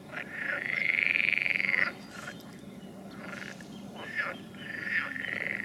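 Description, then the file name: Frog calling with a long rattling trill lasting nearly two seconds, then brief clicks and a second trill starting at the end. "Nature Recordings - Frogs"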